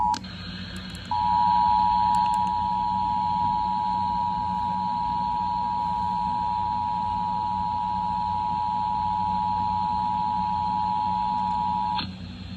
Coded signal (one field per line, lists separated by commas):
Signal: Emergency Alert System (SAME) tones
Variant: 853 and 960 Hz attention tone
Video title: (Recording Cut Off due to storage shortage) Flash Flood Warning On Multiple Stations EAS#734-738